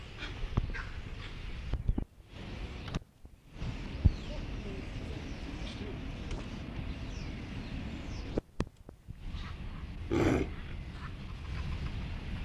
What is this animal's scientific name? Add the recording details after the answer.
Rangifer tarandus. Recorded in captivity. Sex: female. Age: subadult. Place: Tierpark Berlin, Berlin, DE. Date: 1965-08-16 18:00. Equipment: Uher 4000 Report-S, Transistorverstärker, Sennheiser MD 421. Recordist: Tembrock, Günter. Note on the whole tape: Gut halbwüchsiges Jungtier: Rufe. Abstand: 10-12 m. Aufnahmezeit: 18.00-20.00 Uhr